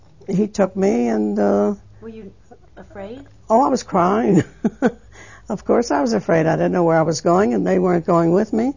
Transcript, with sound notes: uh, he took me and, uh...
Were you afraid?
Oh, I was crying. ( she laughs ) Of course, I was afraid. I didn't know where I was going and they weren't going with me.